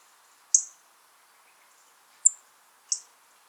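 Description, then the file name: European robin calls: three sharp, very high thin notes, the last two closer together, over a faint background hum. "Erithacus rubecula"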